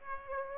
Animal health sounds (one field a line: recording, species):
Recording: mosquito wingbeat signal from an infrared sensor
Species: Aedes aegypti